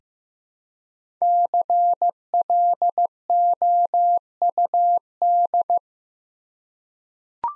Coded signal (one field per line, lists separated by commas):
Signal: Morse code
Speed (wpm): 15 wpm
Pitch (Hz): 700 Hz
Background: none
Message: CLOUD